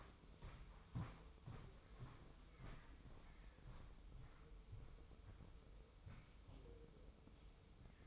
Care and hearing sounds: daily activity, microphone in the room; walk to room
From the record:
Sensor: 1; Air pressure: 995.6 hPa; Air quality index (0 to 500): 36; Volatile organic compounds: 1 ppm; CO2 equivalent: 620 ppm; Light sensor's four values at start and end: 29/102/39/41 and 30/105/40/41

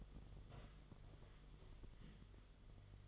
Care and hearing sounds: daily activity, microphone in the room; sit down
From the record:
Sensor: 4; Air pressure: 1005.9 hPa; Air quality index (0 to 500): 109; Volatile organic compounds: 3 ppm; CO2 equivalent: 1363 ppm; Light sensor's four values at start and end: 13/28/11/10 and 13/29/11/10

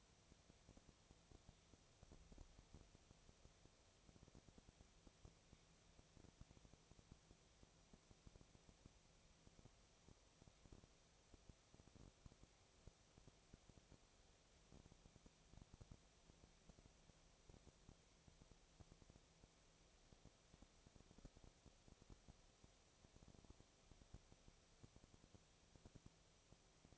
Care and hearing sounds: daily activity, microphone in the room; no activity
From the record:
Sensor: 1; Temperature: 19.8 degrees Celsius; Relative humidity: 37.9%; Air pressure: 998.8 hPa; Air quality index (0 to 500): 233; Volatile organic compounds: 133 ppm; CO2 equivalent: 3942 ppm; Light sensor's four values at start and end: 1/2/1/1 and 1/2/1/1

